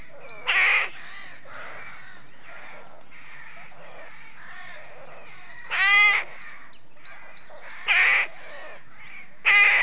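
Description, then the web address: Rook caws, harsh grating calls at irregular intervals, four loud ones standing out over a steady background of many other rooks calling. Many rooks calling at a British rookery. "The BBC Sound Effects Library. Rookery"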